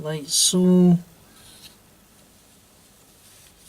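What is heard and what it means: Someone talks briefly as the plastic body shell of a Grafar GWR model railcar is handled and lined up over its chassis before being pressed home. After the voice, only faint, quiet rubbing is heard for the rest of the clip, and the body has not clicked into place yet.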